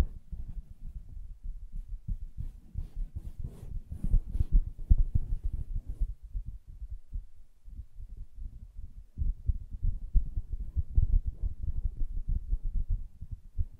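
Soft fabric is tapped and scratched in a dense, uneven stream of muffled low thuds. During the first six seconds, brief crisp scratchy flicks rise above the thumping; the middle quiets slightly before the tapping grows fuller again toward the end.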